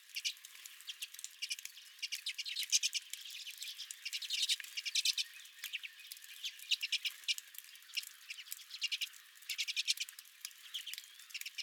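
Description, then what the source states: Redpolls giving many dry, rattling chip notes in quick bursts throughout. Redpolls at the recordist's feeder.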